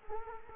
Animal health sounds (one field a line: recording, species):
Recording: mosquito wingbeat signal from an infrared sensor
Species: Culex quinquefasciatus